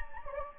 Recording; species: mosquito wingbeat signal from an infrared sensor; Anopheles gambiae